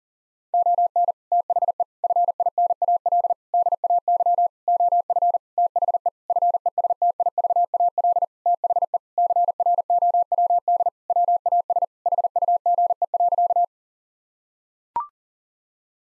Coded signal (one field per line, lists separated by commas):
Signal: Morse code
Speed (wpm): 40 wpm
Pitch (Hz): 700 Hz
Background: none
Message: ON THE FINAL DAY OF THE FESTIVAL THE CROWD WAS HUGE.